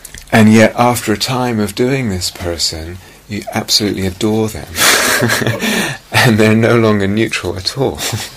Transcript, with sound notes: yet after a time of doing this person, you absolutely adore them, [laughs] and they're no longer neutral at all.